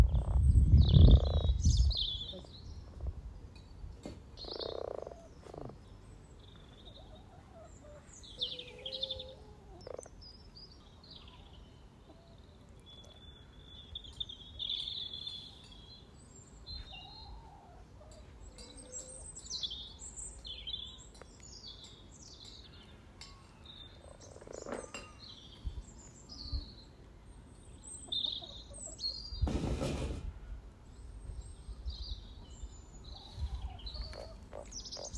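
A chorus of frogs calls around a pond, with many short, bright croaks and chirps overlapping throughout at a lively, uneven pace. A loud knock or thump opens the recording and another sharp burst lands near thirty seconds, over a soft low rumble.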